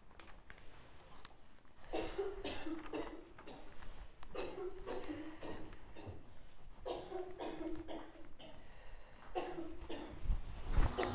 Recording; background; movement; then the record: deep breathing; a bystander coughing; walking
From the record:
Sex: female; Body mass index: 36.4 kg/m2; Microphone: on the chest, facing outward